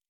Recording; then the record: hydrophone in a shrimp aquaculture tank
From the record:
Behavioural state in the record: normal